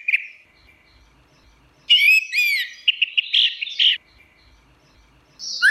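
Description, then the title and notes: Orange-headed thrush song: a short note, then a long, fast run of slurred and warbled notes, followed by silence and a new phrase starting. Singing in the ngeplong style; a master recording used for training birds. "Suara Burung Anis Merah Ngeplong. Masteran Anis Kembang"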